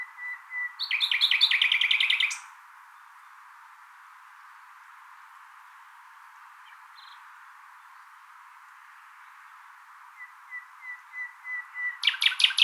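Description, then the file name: Common nightingale song: a soft run of whistled notes swells into a loud, fast rattling trill, then a long pause before quiet whistles build into another harsh burst. "Luscinia megarhynchos"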